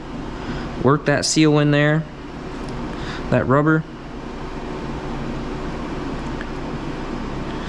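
Someone talks while working the rubber window seal of a Honda Civic back into the car door frame by hand, pushing it behind the trim. A steady low hum runs underneath. Nothing has seated or clicked yet.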